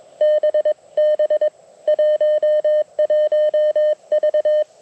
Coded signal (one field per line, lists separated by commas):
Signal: Morse code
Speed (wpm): 21 wpm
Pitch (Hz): 590 Hz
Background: none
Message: BB 11V